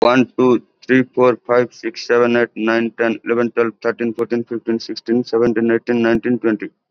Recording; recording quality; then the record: counting at a fast pace; excellent, no background noise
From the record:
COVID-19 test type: RT-PCR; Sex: male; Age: 29 years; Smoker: yes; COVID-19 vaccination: both doses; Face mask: worn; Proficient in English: yes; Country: India